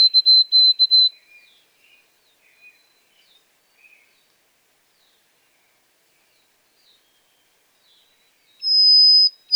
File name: White-throated Sparrow